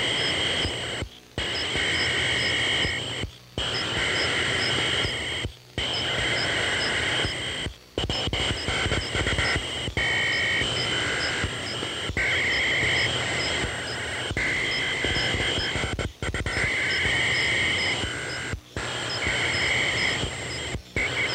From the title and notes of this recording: Source recording of electronic crickets over Ohio circa summer 1995.